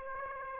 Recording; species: mosquito wingbeat signal from an infrared sensor; Aedes aegypti